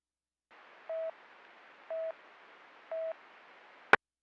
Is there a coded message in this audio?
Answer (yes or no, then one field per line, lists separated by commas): no